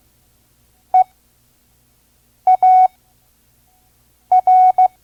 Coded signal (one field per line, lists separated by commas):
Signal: Morse code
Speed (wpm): 16 wpm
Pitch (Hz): 740 Hz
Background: none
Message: EAR